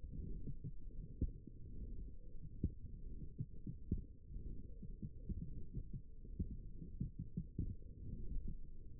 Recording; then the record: forearm muscle sounds (acoustic myography)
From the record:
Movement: forearm supination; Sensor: system 1, eight BSWA MPA416 microphones around the upper forearm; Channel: 2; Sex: female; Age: 21 years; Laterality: right